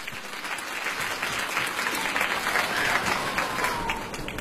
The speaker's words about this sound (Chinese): 谢谢 谢谢， 感谢大家热烈的掌声啊！ 谢谢各位。